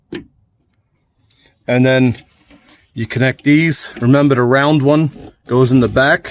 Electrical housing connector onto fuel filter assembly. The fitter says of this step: and you'll hear it snap into place